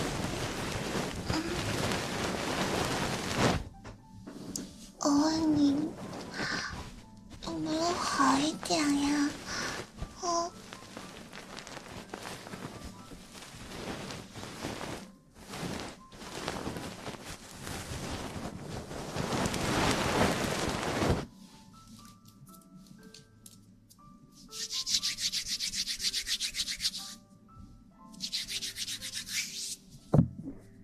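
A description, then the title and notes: Ear cleaning and ear massage: dense rubbing and scratching fill the first twenty seconds in bursts, with brief gaps and a few higher squeaky strokes around five to nine seconds. After about twenty-one seconds it turns quieter, with short bright brushing bursts near twenty-five and twenty-eight seconds and a sharp tap at the end. ASMR Ear cleaning & Ear massage.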